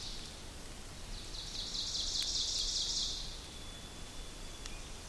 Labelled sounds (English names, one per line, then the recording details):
Ovenbird song
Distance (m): 55 m
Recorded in boreal forest in Alberta, Canada, on 2 June 2016 at 06:15
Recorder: SongMeter 3, array SBT-3-7
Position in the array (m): 193 m, 4 m
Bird 6